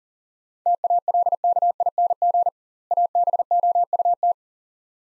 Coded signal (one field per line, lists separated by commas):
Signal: Morse code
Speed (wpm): 40 wpm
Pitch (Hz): 700 Hz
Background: none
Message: TALKING ABOUT